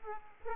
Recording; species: mosquito wingbeat signal from an infrared sensor; Aedes aegypti